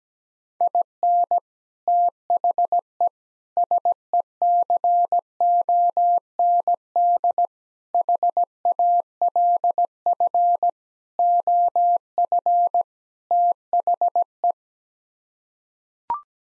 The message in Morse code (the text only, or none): IN THE SECOND HALF OF THE